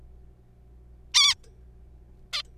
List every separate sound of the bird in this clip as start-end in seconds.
1.14-1.34, 2.33-2.42